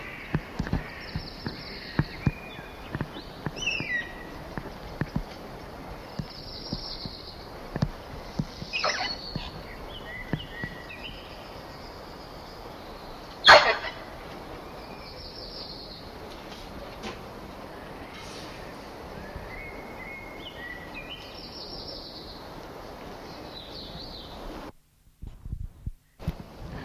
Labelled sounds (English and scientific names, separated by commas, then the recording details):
Black Redstart (Phoenicurus ochruros) song
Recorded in captivity
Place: Tiergarten Schönbrunn, AT
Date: 1989-06-09 20:55
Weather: sunny, 18°C
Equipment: Sony WM-D6C, Kopie Tesla B 116
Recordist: Tembrock, Günter